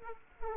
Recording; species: mosquito wingbeat signal from an infrared sensor; Aedes aegypti